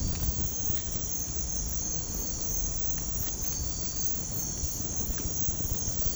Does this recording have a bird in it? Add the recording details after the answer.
no. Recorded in pastures near Puerto Asís, Putumayo, Colombia, on 19 March 2025 at 01:00. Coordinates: 0.505, -76.324. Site GP08